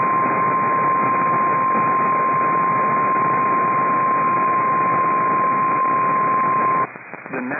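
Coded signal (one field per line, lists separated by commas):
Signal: Emergency Alert System (SAME) tones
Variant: 1050 Hz attention tone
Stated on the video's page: EAS tones from NOAA Weather Radio alerts for tornadoes and AMBER Alerts.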